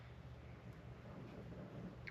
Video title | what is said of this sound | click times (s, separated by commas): Polaris Oil, Filters, Brakes DIY Service | click this is right there | 2.1 s